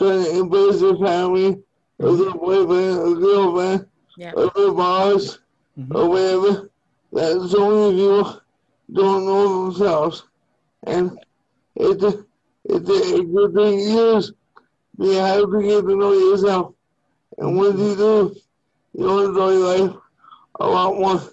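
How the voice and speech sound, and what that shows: Slow, choppy speech in short bursts with distorted, nasal consonants and creaky voice from an adult man who uses a wheelchair, fitting a speech impediment.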